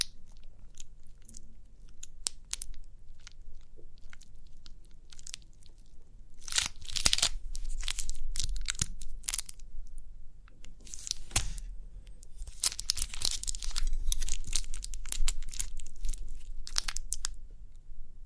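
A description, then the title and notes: Crinkly pimple popping, made of dense bursts of sharp crackles and crinkles over a soft low rumble. Activity is sparse early, then thickens into busy, bright clusters around 7 seconds and again from about 12 to 17 seconds, with isolated snaps between. Crinkly Pimple Popping.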